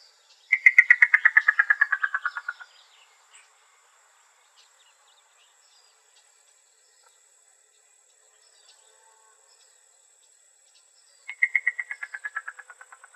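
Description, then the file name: Yellow-billed cuckoo call: a rapid series of hollow knocking notes that falls in pitch and fades over about two seconds, given twice with a long quiet gap between. Recorded in Arizona. "YBCU 2 Deviche"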